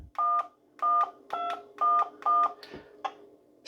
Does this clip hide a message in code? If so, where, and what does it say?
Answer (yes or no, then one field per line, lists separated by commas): yes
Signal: DTMF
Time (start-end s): 0.2-2.5 s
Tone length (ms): 210 ms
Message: 11211